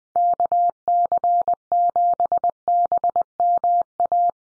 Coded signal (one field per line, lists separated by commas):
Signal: Morse code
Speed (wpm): 20 wpm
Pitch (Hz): 700 Hz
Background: none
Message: KC7BMA